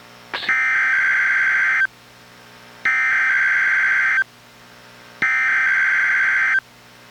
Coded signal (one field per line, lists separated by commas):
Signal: Emergency Alert System (SAME) tones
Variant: header bursts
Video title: EAS #1048: NWR Required Weekly Test- Jan. 15, 2025- 11:06AM PST